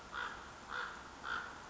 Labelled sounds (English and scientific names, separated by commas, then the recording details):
Common Raven (Corvus corax)
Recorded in Sonoma County, California